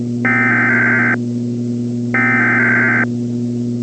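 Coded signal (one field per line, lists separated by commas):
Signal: Emergency Alert System (SAME) tones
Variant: header bursts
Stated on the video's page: Fictional EAS scenario with valid tones.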